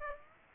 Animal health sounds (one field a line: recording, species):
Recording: mosquito wingbeat signal from an infrared sensor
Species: Aedes aegypti